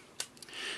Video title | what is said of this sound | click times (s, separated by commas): Titans Return Seaspray from Hasbro | lift up this whole section right here this whole section just flips right up and clicks | 0.2 s